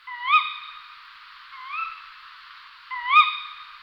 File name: strix aluco